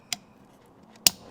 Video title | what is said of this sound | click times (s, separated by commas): LED Headlight Upgrade for a Jeep JL Wrangler or JT Gladiator that is Cheap and Easy to Install | plug it in lock it in place | 1.1 s